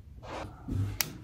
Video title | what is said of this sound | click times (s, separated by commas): Affordable Gold Earrings Amazon Review | all right snap it on there is that let's put the other one in guys how | 1.0 s